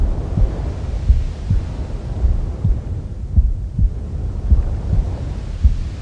Womb Sounds with Mother's Heartbeat. Calming sleep sounds to help your baby sleep faster.